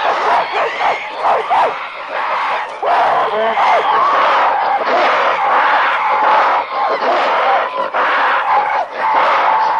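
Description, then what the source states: Apes shriek in a dense, frantic chorus of high screams that barely pause across the whole stretch. Angry apes; long sequence of screaming and growling.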